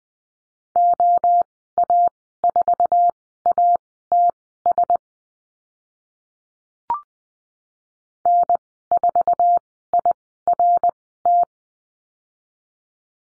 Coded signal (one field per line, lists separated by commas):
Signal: Morse code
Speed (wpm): 20 wpm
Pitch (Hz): 700 Hz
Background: none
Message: OA4ATS N4IRT